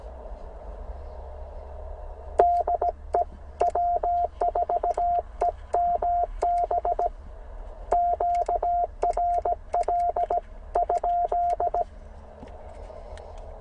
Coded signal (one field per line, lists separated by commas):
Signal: Morse code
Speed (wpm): 17 wpm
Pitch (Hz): 700 Hz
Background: radio noise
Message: DE W4EMB QRL?